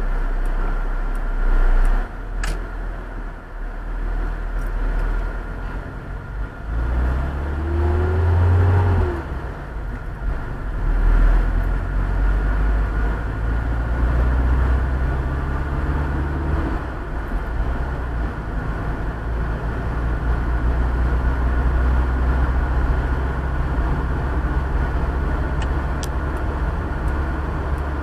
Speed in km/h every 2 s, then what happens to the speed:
0, 0, 6, 8, 20, 21, 25, 35, 37, 41, 48, 49, 53, 55.
0-3 standing. 3-23 pulls away to 53.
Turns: none.